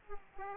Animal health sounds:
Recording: mosquito wingbeat signal from an infrared sensor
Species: Aedes aegypti

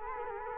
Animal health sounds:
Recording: mosquito wingbeat signal from an infrared sensor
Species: Culex quinquefasciatus

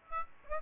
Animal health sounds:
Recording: mosquito wingbeat signal from an infrared sensor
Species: Aedes aegypti

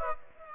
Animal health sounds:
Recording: mosquito wingbeat signal from an infrared sensor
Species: Aedes aegypti

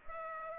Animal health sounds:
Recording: mosquito wingbeat signal from an infrared sensor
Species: Culex pipiens

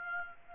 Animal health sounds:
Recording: mosquito wingbeat signal from an infrared sensor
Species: Aedes aegypti

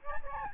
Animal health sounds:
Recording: mosquito wingbeat signal from an infrared sensor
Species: Aedes albopictus

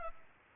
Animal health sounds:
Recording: mosquito wingbeat signal from an infrared sensor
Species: Culex pipiens

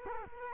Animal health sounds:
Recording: mosquito wingbeat signal from an infrared sensor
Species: Culex quinquefasciatus

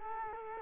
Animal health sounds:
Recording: mosquito wingbeat signal from an infrared sensor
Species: Culex quinquefasciatus

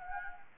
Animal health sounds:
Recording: mosquito wingbeat signal from an infrared sensor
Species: Anopheles gambiae

